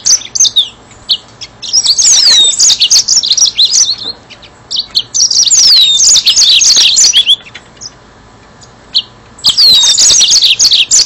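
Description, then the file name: Yellow-fronted canary singing in several lively bursts of high, chattering trills and slurred whistles, separated by short pauses. "mozambik"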